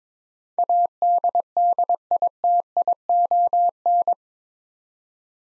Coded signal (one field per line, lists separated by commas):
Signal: Morse code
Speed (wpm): 22 wpm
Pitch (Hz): 700 Hz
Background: none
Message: ADDITION